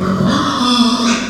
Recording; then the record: squeal of a Yucatan mini pig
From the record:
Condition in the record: after surgery on the right vocal fold (resection and tissue-engineered implant); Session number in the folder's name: 14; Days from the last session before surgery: 133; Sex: female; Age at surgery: 19 weeks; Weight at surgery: 25 kg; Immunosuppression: prednisolone